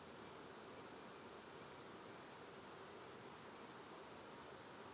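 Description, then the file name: Common blackbird piercing thin whistle at the opening, then a pause and a second long high seee note, with soft background hiss. "Turdus merula"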